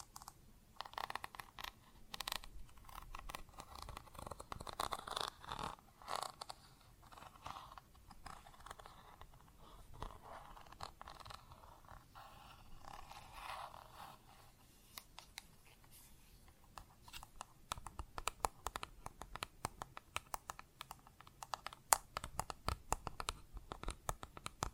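Plastic objects are tapped and scratched in a busy, irregular stream of small clicks and rasping scrapes. The first half leans toward denser scratching and rubbing, while the second half breaks into sharper, faster taps with a few louder knocks near twenty-two seconds.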